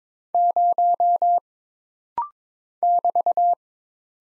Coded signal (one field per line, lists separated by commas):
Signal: Morse code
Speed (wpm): 22 wpm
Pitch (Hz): 700 Hz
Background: none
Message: 0 <BT>